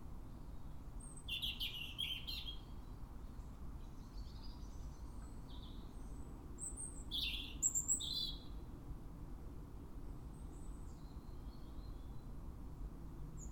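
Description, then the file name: European robin singing two short high, warbling phrases several seconds apart, with faint thin notes between, over steady low-frequency background noise. "Erithacus rubecula"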